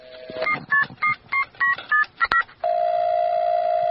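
A quick run of about eight touch-tone dialing beeps on a 'magic telephone' placing a call to Ernesto Che Guevara, in a steady rhythm, each a short two-note chirp, followed by a long, unbroken line tone as the call goes through.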